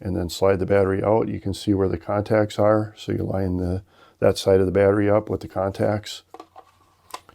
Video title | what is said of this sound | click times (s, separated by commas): How to set up your new Mavic Mini | and then just push it into place until it clicks. | 7.1 s